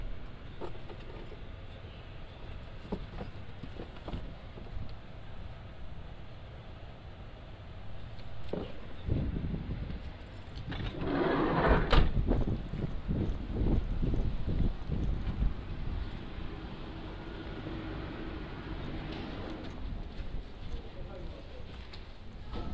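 Driving by car toward a farm stand: a steady low engine rumble and road noise fill the whole clip. Around the 9 to 15 second mark the sound swells with a burst of louder thumps and rattles, then settles back to the even drone.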